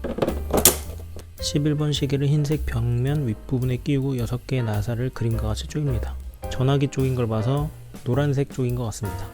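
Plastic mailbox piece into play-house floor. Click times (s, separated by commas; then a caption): 0.7 s. A plastic toy mailbox piece is pressed into the floor of a play house and seats with a loud, short click at 0.6 s. Music plays throughout, and someone talks.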